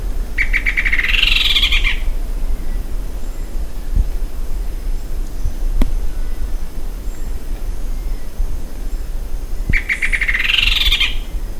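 Bird calls: two short, buzzy, trilled phrases, one at the start and one near the end, with a steady low rumble underneath throughout.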